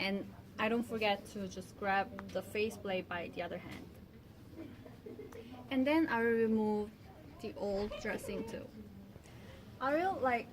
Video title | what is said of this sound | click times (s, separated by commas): Trach care | middle and then I will continue inserting until I hear the click sound and I | 5.3 s